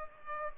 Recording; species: mosquito wingbeat signal from an infrared sensor; Culex pipiens